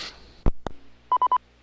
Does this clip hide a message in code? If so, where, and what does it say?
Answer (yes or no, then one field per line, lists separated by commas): no